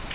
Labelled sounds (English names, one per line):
Grace's Warbler flight call